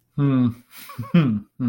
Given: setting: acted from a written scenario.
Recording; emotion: vocal sound without words; romantic love